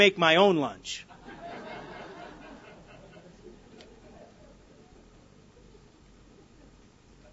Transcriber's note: laughter